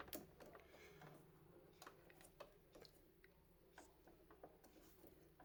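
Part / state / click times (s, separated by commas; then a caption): needle threader assembly onto sewing machine needle bar / not seated / none. A replacement needle threader on a Brother V3 XV XJ sewing machine is handled and wiggled into place on the needle bar, giving light ticks and small handling taps over a quiet background hum. The threader has not seated or clicked yet; it is meant to click into place so it holds on without the circlip.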